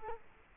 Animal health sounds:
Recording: mosquito wingbeat signal from an infrared sensor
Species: Culex quinquefasciatus

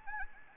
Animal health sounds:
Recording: mosquito wingbeat signal from an infrared sensor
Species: Anopheles gambiae

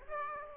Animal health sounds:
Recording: mosquito wingbeat signal from an infrared sensor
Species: Aedes aegypti

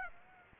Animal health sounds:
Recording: mosquito wingbeat signal from an infrared sensor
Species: Aedes aegypti

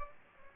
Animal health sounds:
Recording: mosquito wingbeat signal from an infrared sensor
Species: Aedes aegypti

